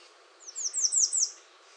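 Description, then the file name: American redstart song, a short run of five high notes that slur downward and swell in loudness toward the end. Recorded 21 June 2019. "2019-06-21 American Redstart"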